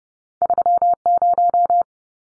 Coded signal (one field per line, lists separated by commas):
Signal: Morse code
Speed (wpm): 30 wpm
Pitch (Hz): 700 Hz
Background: none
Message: 30